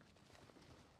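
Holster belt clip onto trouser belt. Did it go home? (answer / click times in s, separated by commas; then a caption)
no / none. A belt clip on a Werkz Advanced Retention Systems appendix holster for a Glock 19 is being handled as it is put on and clipped over a trouser belt. Only low, steady rustling and handling noise is heard throughout. Nothing has seated or clicked yet.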